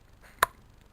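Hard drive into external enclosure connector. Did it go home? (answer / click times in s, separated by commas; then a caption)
yes / 0.4 s. A bare hard drive is pushed into an external drive enclosure and onto its connector, giving a single sharp knock at 0.4 s as it seats. A much fainter tick follows near 0.8 s. The drive fits in but still has a little play.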